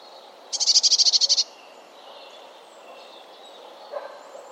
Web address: cianscape birddata Deverinetal 2025 Bird Only Cy Ca